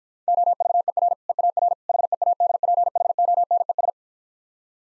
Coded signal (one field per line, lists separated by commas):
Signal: Morse code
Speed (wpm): 49 wpm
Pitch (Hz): 700 Hz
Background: none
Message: OVER EAR HEADPHONES